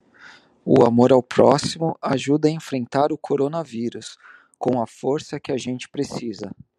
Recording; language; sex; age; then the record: spoken sentence; Brazilian Portuguese; male; 30 to 39 years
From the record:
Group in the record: control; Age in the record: 33 years